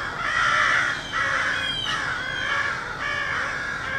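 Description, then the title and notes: Crows giving continuous loud, hoarse caws that run together into one noisy stretch, with a background hum. Rowdy crows cawing loudly in treetops of an urban park just after sunrise, with morning traffic audible; made while out with a camera. "Field Recording: The Wild and Raucous Sounds of Crows Cawing in the Treetops. a field recording of rowdy crows loudly cawing in the treetops amidst the sounds of other birds -- and since this was recorded in an urban park -- also you may hear the sounds of morning traffic"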